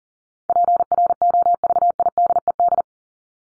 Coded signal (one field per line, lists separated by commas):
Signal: Morse code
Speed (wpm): 40 wpm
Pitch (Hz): 700 Hz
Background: none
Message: PROVIDED